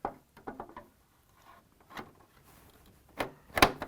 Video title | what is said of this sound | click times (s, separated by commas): G.I. Joe Defiant Space Vehicle Restoration: Part 2 - The Booster | You hear it click in nicely, so that worked out well. | 3.6 s